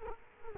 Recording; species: mosquito wingbeat signal from an infrared sensor; Culex quinquefasciatus